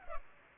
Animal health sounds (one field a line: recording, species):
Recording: mosquito wingbeat signal from an infrared sensor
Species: Culex pipiens